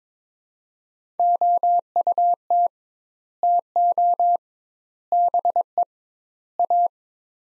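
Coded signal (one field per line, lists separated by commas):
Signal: Morse code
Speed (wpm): 22 wpm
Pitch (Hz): 700 Hz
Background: none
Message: OUT TO BE A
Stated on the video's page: Morse practice drill of four-word sets at 22 wpm with 2x word spacing, a Farnsworth-like method applied to words.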